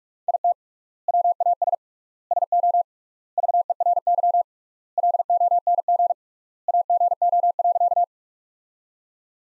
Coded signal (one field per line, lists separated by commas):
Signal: Morse code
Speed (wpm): 46 wpm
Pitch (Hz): 700 Hz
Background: none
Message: IT WAS SO VERY LONG AGO.